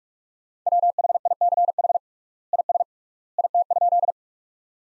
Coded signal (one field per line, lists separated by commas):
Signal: Morse code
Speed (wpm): 42 wpm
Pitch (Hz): 700 Hz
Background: none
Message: WHICH IS IT?